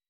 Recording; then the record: hydrophone in a shrimp aquaculture tank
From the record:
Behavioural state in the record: weakened